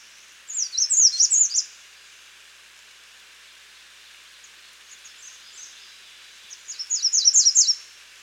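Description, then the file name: American redstart delivering two high, rapid, wavering phrases about six seconds apart, with a few soft notes in between. "Setophaga ruticilla - American Redstart"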